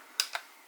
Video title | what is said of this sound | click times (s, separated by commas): Xiaomi FIMI X8 SE 4K GPS Drone Review 🚁 | And there's a nice click when and it snaps out | 0.2 s